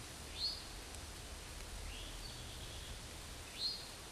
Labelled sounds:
Eastern Towhee (Pipilo erythrophthalmus) song

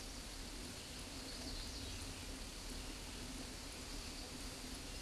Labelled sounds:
Scarlet Tanager (Piranga olivacea) song

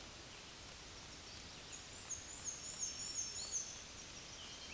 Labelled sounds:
Black-and-white Warbler (Mniotilta varia) song

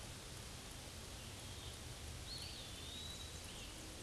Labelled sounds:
Eastern Wood-Pewee (Contopus virens) song

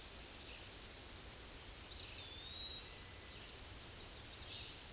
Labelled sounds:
Eastern Wood-Pewee (Contopus virens) song

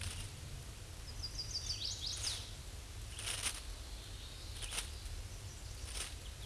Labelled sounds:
Chestnut-sided Warbler (Setophaga pensylvanica) song

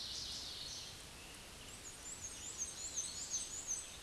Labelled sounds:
Black-and-white Warbler (Mniotilta varia) song

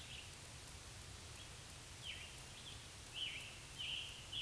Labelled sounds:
Scarlet Tanager (Piranga olivacea) song

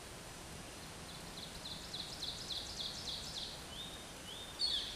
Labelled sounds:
Ovenbird (Seiurus aurocapilla) song

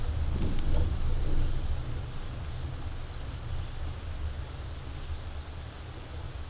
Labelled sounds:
Black-and-white Warbler (Mniotilta varia) song

